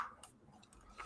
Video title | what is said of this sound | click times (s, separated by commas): Star trek Build the U.S.S Enterprise Ncc-1701-D Issue 11 | well that was a nice couple of clicks yeah yep that's nicely | 0.2 s, 1.0 s